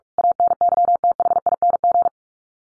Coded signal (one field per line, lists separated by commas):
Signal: Morse code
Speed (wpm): 44 wpm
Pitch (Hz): 700 Hz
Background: none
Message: ANYTHING